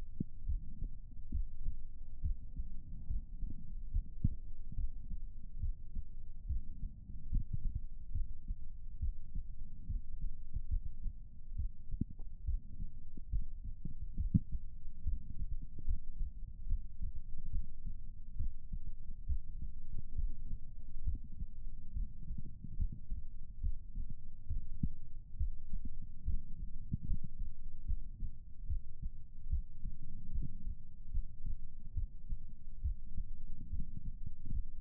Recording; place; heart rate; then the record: heart sounds by stethoscope; pulmonary valve (PV); 69 bpm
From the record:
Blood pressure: 116/81 mmHg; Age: 52 years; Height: 160 cm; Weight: 77 kg